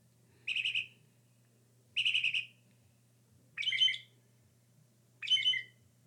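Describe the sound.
Northern mockingbird singing: four separate bursts of rapid high buzzy and rattling notes, each about half a second, spaced roughly a second and a half apart, with a low steady hum beneath.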